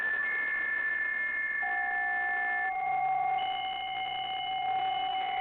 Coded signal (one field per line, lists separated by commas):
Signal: PSK63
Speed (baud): 62.5 baud